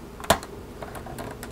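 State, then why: Seated. A small plastic brake caliper is pushed onto the rear of a scale model car's axle on the second attempt and snaps into place with a sharp click at 0.3 s. Softer plastic ticks and taps follow through the rest of the clip, and the caliper ends up seated on the axle.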